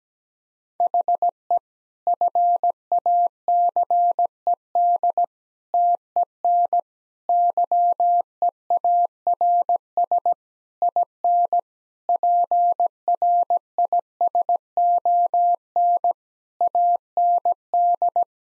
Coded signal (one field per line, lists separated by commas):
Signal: Morse code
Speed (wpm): 17 wpm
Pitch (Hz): 700 Hz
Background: none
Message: HE FACED TEN YEARS IN PRISON AND